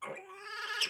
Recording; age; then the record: pig call; piglet (1 to 25 days)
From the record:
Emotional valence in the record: negative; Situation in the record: restrain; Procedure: in the arms of a person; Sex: male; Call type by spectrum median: high-frequency call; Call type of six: mixed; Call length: 0.90 s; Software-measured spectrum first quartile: 1657 Hz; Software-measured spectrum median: 2802 Hz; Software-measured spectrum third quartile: 4143 Hz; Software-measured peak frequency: 1690 Hz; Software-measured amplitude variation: 134 dB a second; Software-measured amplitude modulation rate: 26.2 a second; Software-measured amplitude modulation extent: 5.1 dB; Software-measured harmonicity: 7.2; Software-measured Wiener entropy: -2.19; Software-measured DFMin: 838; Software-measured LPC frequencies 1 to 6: 1633, 2824, 5279, 7749, 8380, 9181 Hz